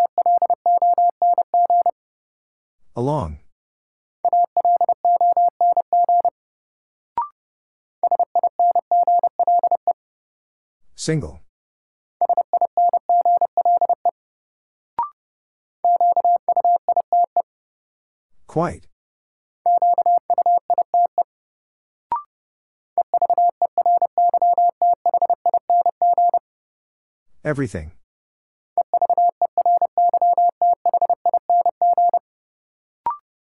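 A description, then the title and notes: A steady mid-pitched Morse tone keys out groups of dots and dashes, separated by silences, soft clicks, and brief rising sweeps every few seconds. First, the word is sent in Morse code. Then it is spoken.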